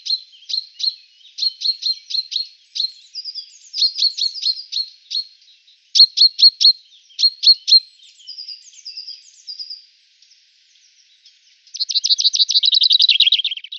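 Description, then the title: Common chaffinch calls, bright metallic notes repeated in quick short clusters, with softer chatter between and a rapid trill at the end. "Sylvain Jaskowiak - Mes piafs. Pinson des arbres (cris)"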